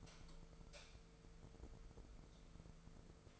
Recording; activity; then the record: daily activity, microphone in the room; light off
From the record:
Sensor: 5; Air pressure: 1014.7 hPa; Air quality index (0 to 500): 158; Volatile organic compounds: 5 ppm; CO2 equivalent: 1745 ppm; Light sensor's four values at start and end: 79/192/79/84 and 76/183/75/80